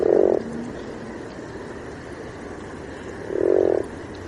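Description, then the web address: Frog giving two short, low croaks about three seconds apart, with steady background hiss between them. Recorded at night at 00:28 on 25 April 2009 in Kaarina, Finland. "hlehto. sammakko sammakko kaarina 00 h 28 m 51 s 25 apr 2009"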